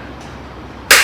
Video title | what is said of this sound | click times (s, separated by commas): How To Use The Tsmine FunClean Spin Mop & Bucket System | you got your snap in here too | 0.9 s